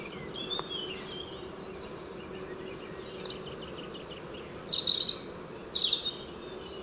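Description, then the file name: European robin song, faint thin high phrases early on, then two bright warbled bursts near the end, over a steady low background hiss. "Erithacus rubecula"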